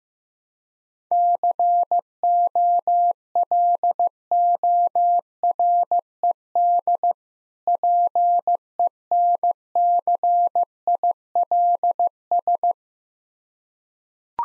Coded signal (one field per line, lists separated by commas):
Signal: Morse code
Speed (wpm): 15 wpm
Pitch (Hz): 700 Hz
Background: none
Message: COLORED PENCILS